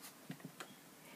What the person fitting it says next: that's where the notches go, then you press down and it clicks into place.